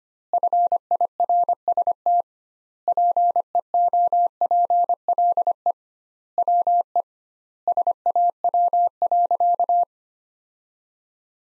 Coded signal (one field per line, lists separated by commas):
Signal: Morse code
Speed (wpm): 25 wpm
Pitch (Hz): 700 Hz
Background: none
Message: FIRST PEOPLE WE SAW.